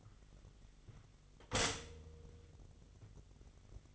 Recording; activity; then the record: daily activity, microphone in the room; stop toaster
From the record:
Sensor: 4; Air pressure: 1002.9 hPa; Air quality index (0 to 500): 236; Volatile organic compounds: 17 ppm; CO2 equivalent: 2563 ppm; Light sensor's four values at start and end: 22/74/27/28 and 21/72/27/27